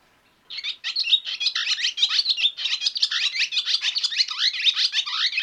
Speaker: That was the Twitter warble loud sound made by both male and female barn swallows during courtship and egg laying.